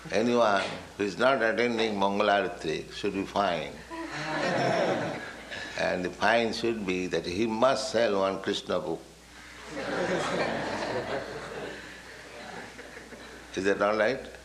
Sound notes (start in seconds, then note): 3.9 laughter; 9.6 laughter